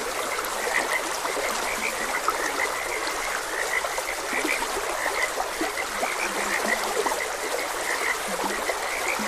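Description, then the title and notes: Frogs croaking in a dense, continuous chorus of short chirping notes, with a steady hiss of running water underneath throughout. Frogs croaking beside a gentle stream. "Gentle Stream and Frogs Croaking. Sleep and Relaxation Podcast"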